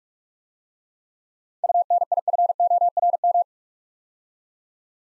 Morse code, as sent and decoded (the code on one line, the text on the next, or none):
..- -. .. ..-. --- .-. --
UNIFORM